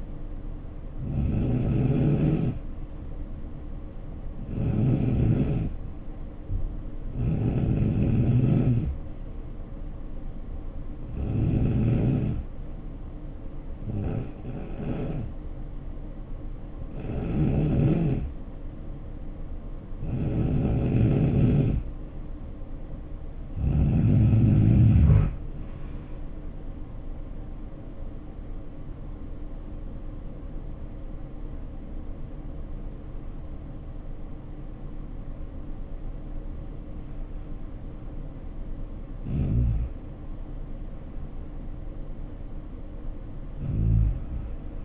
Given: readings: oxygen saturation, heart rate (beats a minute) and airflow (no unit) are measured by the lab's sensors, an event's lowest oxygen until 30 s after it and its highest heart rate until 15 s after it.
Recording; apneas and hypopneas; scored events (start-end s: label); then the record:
breathing in sleep by a smartphone at the bedside; 1
8.00-44.85 s: new sleep stage, N2 (light sleep)
13.00-30.30 s: hypopnea (N2, oxygen 91% highest, then 89% lowest, heart rate 70 at the start, 86 highest)
From the record:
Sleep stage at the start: N3 (deep sleep); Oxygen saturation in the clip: 89 to 91%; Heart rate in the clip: 66 to 86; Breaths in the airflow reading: 11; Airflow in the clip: -6.9 to 7.1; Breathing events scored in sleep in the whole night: 520 in 7.2 hours asleep